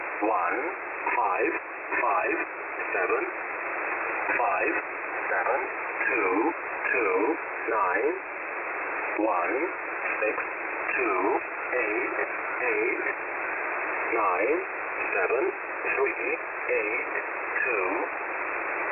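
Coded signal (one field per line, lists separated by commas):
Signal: numbers station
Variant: E07a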